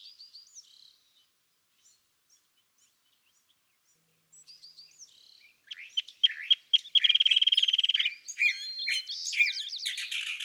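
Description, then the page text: California thrasher song, soft scattered high notes at first, then loud rapid rattles, harsh chatter and varied whistled phrases. Dawn song on March 9, 2017, at Montaña de Oro State Park, Los Osos, California; the thrasher repeats a chosen theme of notes that morning. "Song, excerpted from a longer dawn session on day 1. listen for the repeated theme of notes that the thrasher has chosen to use this morning. March 9, 2017. Montaña de Oro State Park, Los Osos, California"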